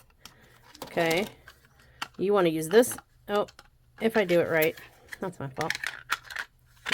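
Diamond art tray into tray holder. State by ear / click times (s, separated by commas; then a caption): seated / 6.9 s. A plastic diamond painting tray is pushed down into a plastic tray holder while someone talks, after an earlier fumbled attempt that is blamed on the person's own fault. Small clicks and taps are heard between the talk, and the tray snaps into place in the holder with a sharp click at 6.9 s.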